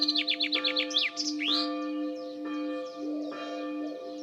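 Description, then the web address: Bird song: a fast series of high, sharp chirps that ends in an upward-sweeping note, over a steady low humming drone. "cianscape birddata Deverinetal 2025 Bird Only"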